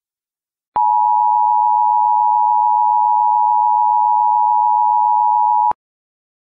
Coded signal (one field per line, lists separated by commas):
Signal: Emergency Alert System (SAME) tones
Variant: 853 and 960 Hz attention tone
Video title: EAS Scenario: The Genetic Code Part 2